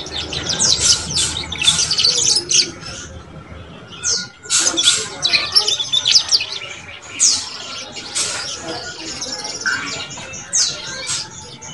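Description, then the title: Canary song in loud, harsh bursts of high chirps and rattling notes with short pauses between. Canary song used to warm up Belgian canaries and stimulate young canaries to start singing quickly and chatter. "Canto Para Esquentar Canário Belga. SUARA KENARI PAUD CUIT CUIT BELAJAR BUNYI - pancingan kenari paud muda agar cepat bunyi dan ngeriwik"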